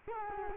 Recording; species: mosquito wingbeat signal from an infrared sensor; Culex quinquefasciatus